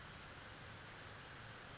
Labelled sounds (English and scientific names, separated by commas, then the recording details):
California Towhee (Melozone crissalis)
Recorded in Sonoma County, California